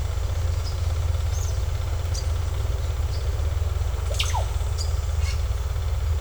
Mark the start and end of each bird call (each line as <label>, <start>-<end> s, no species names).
bird call, 4.07-4.44 s